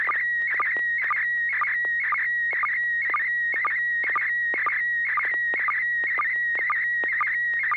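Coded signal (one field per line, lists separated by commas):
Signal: SSTV (slow-scan television)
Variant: PD120 mode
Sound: warbling, chirping tone around 2 kHz with a rhythmic click about twice a second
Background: low hum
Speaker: joelie are you ready to share an image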